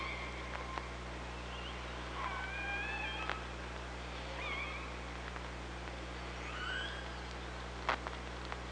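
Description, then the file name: Killer whale calls: several whistled, bending tones with harmonics, some rising and some falling, scattered throughout over steady hiss and sharp clicks. OrcaLab hydrophone, 24 August 2017. "Orca Lab 20170824"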